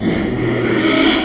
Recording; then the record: squeal of a Yucatan mini pig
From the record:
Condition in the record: after surgery on the right vocal fold (resection and tissue-engineered implant); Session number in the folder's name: 2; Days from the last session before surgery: 13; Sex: male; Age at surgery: 12 weeks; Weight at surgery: 13 kg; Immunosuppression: cyclosporine, prednisolone